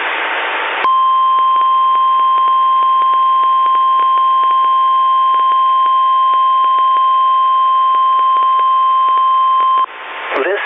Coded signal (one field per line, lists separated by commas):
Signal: Emergency Alert System (SAME) tones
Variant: 1050 Hz attention tone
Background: speech